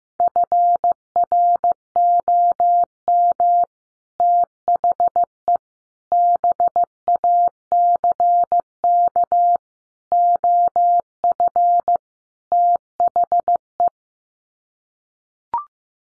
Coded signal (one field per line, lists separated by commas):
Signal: Morse code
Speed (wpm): 15 wpm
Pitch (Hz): 700 Hz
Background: none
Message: FROM THE BACK OF THE